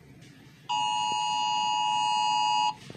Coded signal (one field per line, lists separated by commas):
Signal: Emergency Alert System (SAME) tones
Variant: 853 and 960 Hz attention tone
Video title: Rating EAS alarms